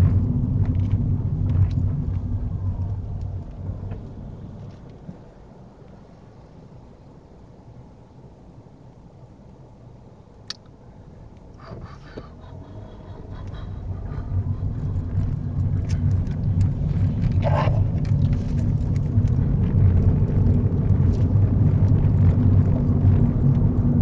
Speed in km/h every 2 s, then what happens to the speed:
8, 0, 0, 0, 0, 5, 16, 19, 24, 31, 35, 37.
0-2 brakes to 0. 2-9 standing. 9-24 pulls away to 37.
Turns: 10-16.